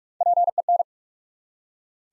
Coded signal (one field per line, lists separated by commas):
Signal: Morse code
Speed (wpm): 44 wpm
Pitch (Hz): 700 Hz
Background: none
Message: PEN